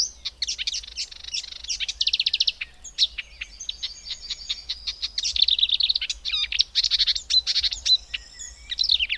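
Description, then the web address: Marsh warbler song, hurried and varied, with rattling trills, harsh buzzes and bright whistled notes tumbling together continuously. "agykontroll Madardalok Cd 2. Énekes nádiposzáta"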